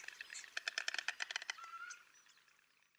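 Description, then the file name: White stork bill clattering, a brief burst of rapid knocking that fades out, with thin bird chirps and whistles behind it. "Bocian bialy"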